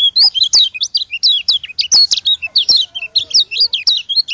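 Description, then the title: White-eye song, a rapid continuous stream of high, sharply rising and falling whistled notes and twitters. From Lombok. "Plecir3un. Suara burung pleci lombok"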